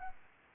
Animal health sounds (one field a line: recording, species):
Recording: mosquito wingbeat signal from an infrared sensor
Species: Anopheles arabiensis